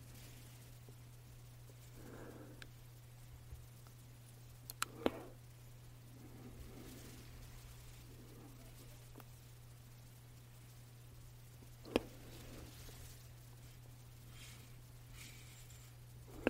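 Tapping on a diffuser and body mist bottles, with soft shaking and rustling sounds. A steady low hum runs underneath throughout, while sparse sharp taps stand out near 5 seconds, at 12 seconds and at the very end, between quieter swishes.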